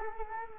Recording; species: mosquito wingbeat signal from an infrared sensor; Culex quinquefasciatus